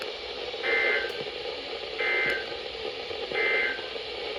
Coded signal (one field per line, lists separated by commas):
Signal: Emergency Alert System (SAME) tones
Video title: CATCHING UP ON THE COUNT - Alerts from 4/15/24 - 4/16/24 (EAS #1006 - 1024)